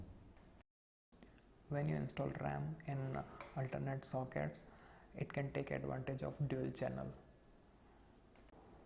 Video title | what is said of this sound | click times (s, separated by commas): Building a gaming PC under 1.2Lacs INR | you can hear a click sound and that should be done | 0.4 s, 0.6 s